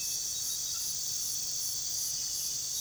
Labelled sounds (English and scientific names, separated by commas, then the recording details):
none
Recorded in pastures near Puerto Asís, Putumayo, Colombia, on 20 February 2024 at 04:30
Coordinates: 0.466, -76.323
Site G6384